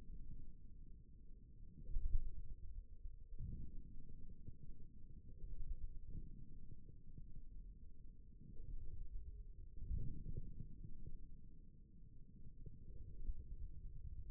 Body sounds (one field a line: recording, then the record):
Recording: forearm muscle sounds (acoustic myography)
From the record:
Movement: forearm supination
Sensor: system 1, eight BSWA MPA416 microphones around the upper forearm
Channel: 1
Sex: male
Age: 41 years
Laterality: right